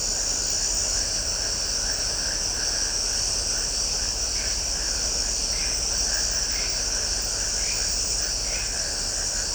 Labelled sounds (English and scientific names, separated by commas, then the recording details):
none
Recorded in shrubland near Pivijay, Magdalena, Colombia, on 3 June 2023 at 23:30
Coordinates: 10.453, -74.365
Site P5-G022